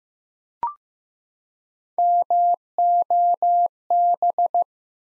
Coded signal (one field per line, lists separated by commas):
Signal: Morse code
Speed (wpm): 15 wpm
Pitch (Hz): 700 Hz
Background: none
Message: MOB